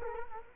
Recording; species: mosquito wingbeat signal from an infrared sensor; Culex quinquefasciatus